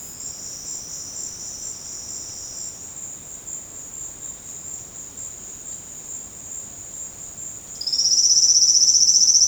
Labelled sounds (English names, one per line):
none